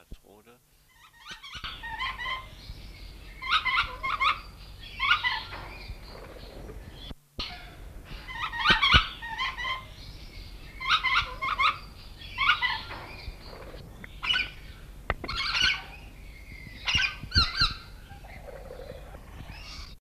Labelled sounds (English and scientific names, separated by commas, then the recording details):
Coconut Lorikeet (Trichoglossus haematodus) call
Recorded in captivity
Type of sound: call
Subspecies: haematodus
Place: Vogelpark Walsrode, Niedersachsen, DE
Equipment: Halbspur, 9,5 cm/s
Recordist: Lütgens, Hans
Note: Rufe